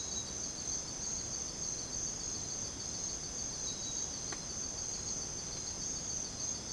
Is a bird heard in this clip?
no